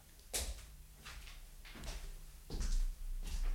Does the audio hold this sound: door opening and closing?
yes